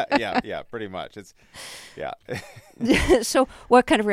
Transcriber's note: soundbite of laughter